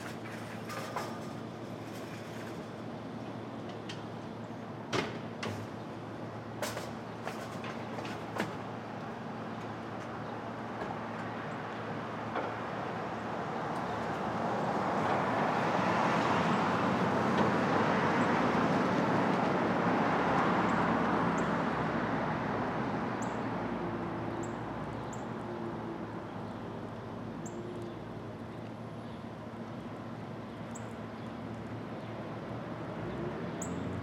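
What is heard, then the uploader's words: Street traffic in Brooklyn at dawn, a steady low hum with sharp clicks and knocks in the first ten seconds. A vehicle swells past from about 14 to 22 seconds, loudest near 17 seconds, then fades back into the hum. A few faint bird chirps follow. Brooklyn Dawn, 4 - 17 - 20, Street Traffic II.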